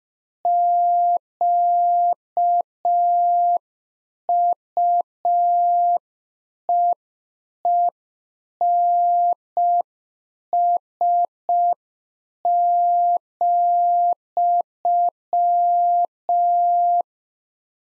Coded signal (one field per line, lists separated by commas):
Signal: Morse code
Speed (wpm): 5 wpm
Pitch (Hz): 700 Hz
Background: none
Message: QUEENS,